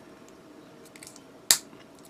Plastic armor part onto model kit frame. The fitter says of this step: until it snaps into place like that.